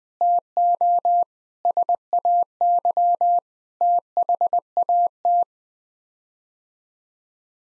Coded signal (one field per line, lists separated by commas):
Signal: Morse code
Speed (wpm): 21 wpm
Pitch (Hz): 700 Hz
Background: none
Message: TO SAY THAT